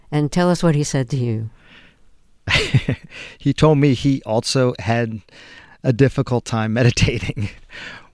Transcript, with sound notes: And tell us what he said to you.
(Laughter) He told me he also had a difficult time meditating,